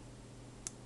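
The metal liner lock of an opened Blackfox 75 pocket knife clicks into its locked position against the blade. A single sharp click sounds at 0.7 s over a low steady background hum. The liner lock seats fully into place and holds the blade open solidly.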